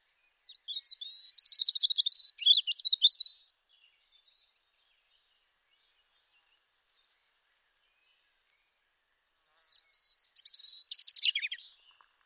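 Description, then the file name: European robin singing two separate phrases of high, tinkling, rapid notes, split by a long silent pause. "Erithacus rubecula"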